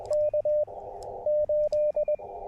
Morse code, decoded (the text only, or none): K 8